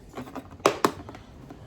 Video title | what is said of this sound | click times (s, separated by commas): assembling brood box and super | Hear it popping. And there you go. | 0.7 s, 0.9 s